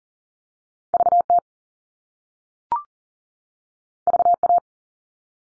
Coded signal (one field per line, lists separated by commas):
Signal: Morse code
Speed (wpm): 38 wpm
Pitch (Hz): 700 Hz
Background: none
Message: VT VA